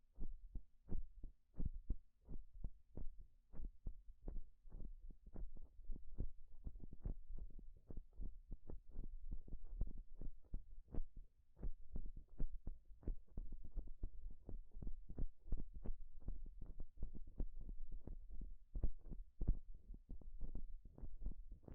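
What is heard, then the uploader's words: Gloves make a steady run of soft, dull thumps, about two each second, each a short muffled pat with a little papery rustle on top. The rhythm holds even throughout, over a faint low hum underneath. 5 different GLOVES Sounds. (No Talking).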